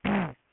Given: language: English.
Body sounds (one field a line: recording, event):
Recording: throat vibration sensor signal played as sound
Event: throat clearing